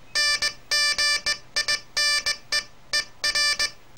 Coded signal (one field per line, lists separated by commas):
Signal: Morse code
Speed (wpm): 20 wpm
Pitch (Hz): 1750 Hz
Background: music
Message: NGINEER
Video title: Morse Code 008 (for enthusiasts)